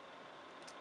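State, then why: Not seated. A memory module is handled at the SO-DIMM slot of an Alienware M18x R2 laptop, angled in at about 45 degrees for a RAM upgrade. Only a steady, broadband hiss is heard, with a faint brief high-pitched rustle around 0.6 to 0.7 seconds. The module has not seated or clicked yet.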